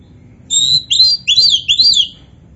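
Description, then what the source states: Oriental magpie-robin giving a short song phrase of clear whistled notes that slide up and down, about four quick swooping elements in roughly one and a half seconds. Local Indonesian variety name kacer poci; described as gacor, singing vigorously.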